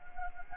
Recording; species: mosquito wingbeat signal from an infrared sensor; Anopheles arabiensis